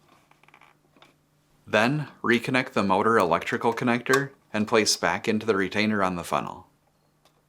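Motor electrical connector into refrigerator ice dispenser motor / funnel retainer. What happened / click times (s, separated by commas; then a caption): Handled, not yet home: the connector has not clicked in / none. Someone talks while the plastic electrical connector of a GE refrigerator's ice dispenser motor is handled for reconnection and clipping into its retainer on the ice funnel, during replacement of duct door spring part WR01X11017. A few faint light ticks come before the talking, and the clip ends just before the connector goes home; nothing has seated or clicked yet.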